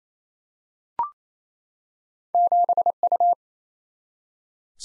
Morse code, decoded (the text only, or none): 7U